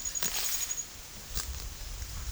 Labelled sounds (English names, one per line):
none